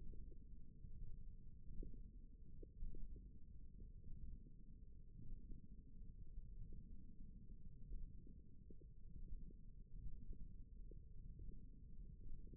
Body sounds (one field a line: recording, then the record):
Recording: forearm muscle sounds (acoustic myography)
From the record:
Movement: ulnar deviation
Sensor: system 1, eight BSWA MPA416 microphones around the upper forearm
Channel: 1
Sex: female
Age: 22 years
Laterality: right